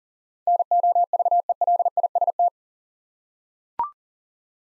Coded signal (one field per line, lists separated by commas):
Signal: Morse code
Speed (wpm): 40 wpm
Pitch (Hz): 700 Hz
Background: none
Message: NOVELIST